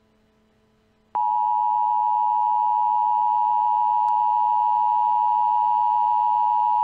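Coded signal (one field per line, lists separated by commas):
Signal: Emergency Alert System (SAME) tones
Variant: 853 and 960 Hz attention tone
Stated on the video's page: Fictional EAS scenario, not a real alert.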